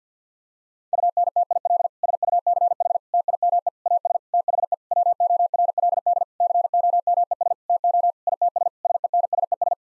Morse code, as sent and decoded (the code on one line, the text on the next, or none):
..- -. - .. .-.. / ... ..- -.-. .... / - .. -- . / .- ... / - .... . / .-- --- .-. .-.. -.. / -.-. --- -- . ... / - --- / .. - ... / ... . -. ... . ...
UNTIL SUCH TIME AS THE WORLD COMES TO ITS SENSES